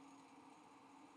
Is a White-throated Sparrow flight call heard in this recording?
no